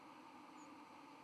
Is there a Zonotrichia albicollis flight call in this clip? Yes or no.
no